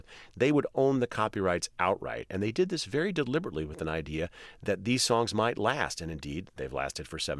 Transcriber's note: none